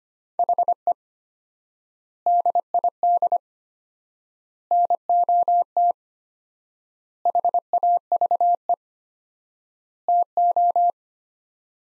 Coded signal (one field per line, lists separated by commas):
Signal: Morse code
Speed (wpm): 25 wpm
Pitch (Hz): 700 Hz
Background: none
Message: HE DID NOT HAVE TO